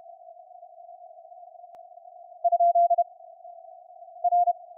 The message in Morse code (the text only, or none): ? R